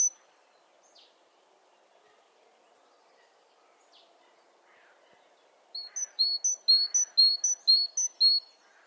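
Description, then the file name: Great tit song: after a quiet stretch with faint soft calls, a loud bout of alternating high and low whistled notes begins near the end. "Parus major"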